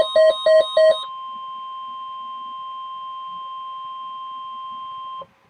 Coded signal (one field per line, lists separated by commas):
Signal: Emergency Alert System (SAME) tones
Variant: 1050 Hz attention tone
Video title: Severe Thunderstorm Warning (EAS Alert #972)